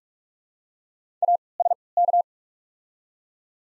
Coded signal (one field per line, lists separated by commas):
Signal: Morse code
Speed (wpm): 47 wpm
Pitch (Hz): 700 Hz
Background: none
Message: A S K